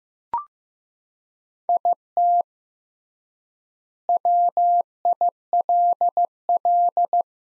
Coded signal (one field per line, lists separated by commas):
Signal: Morse code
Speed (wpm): 15 wpm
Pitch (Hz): 700 Hz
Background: none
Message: IT WILL